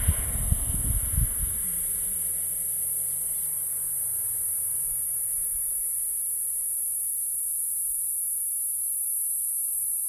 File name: P catenata 20 km W Swellendam R 324